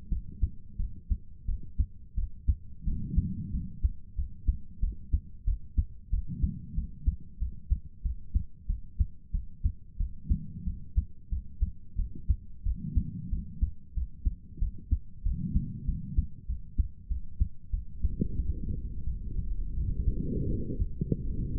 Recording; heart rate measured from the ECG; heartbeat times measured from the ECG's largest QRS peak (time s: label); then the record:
heart sounds by stethoscope; 91 bpm
0.10 s: heartbeat
0.78 s: heartbeat
1.47 s: heartbeat
2.16 s: heartbeat
2.85 s: heartbeat
3.52 s: heartbeat
4.16 s: heartbeat
4.81 s: heartbeat
5.46 s: heartbeat
6.11 s: heartbeat
6.76 s: heartbeat
7.40 s: heartbeat
8.03 s: heartbeat
8.68 s: heartbeat
9.32 s: heartbeat
9.98 s: heartbeat
10.65 s: heartbeat
11.30 s: heartbeat
11.97 s: heartbeat
12.64 s: heartbeat
13.31 s: heartbeat
13.95 s: heartbeat
14.60 s: heartbeat
15.24 s: heartbeat
15.87 s: heartbeat
16.48 s: heartbeat
17.09 s: heartbeat
17.71 s: heartbeat
18.37 s: heartbeat
19.05 s: heartbeat
19.76 s: heartbeat
20.48 s: heartbeat
21.22 s: heartbeat
From the record:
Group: healthy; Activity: cold pressor test 0-19 s, rest 19-22 s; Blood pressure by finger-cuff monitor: 89/59 mmHg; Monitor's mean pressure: 70 mmHg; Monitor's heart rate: 92 bpm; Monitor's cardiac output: 7.3 L/min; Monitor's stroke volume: 81 mL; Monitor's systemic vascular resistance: 690 dyn s/cm5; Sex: female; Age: 22 years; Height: 163 cm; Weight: 67.1 kg